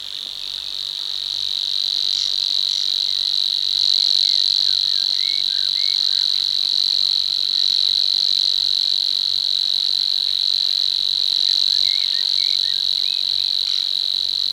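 Savi's warbler reeling song, a continuous dry high trill that swells in over the first few seconds and carries on unbroken, with faint chirps from other birds behind.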